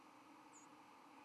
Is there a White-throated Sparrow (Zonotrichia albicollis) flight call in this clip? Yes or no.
no